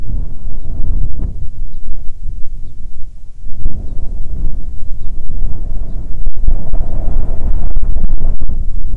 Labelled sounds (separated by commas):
bird, wind